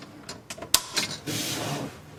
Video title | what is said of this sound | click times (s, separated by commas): Maxdisposer Installation Tutorial - Maxdisposer Nigeria | take your screwdriver and you pull it over and it will click in place like that not like that may | 0.7 s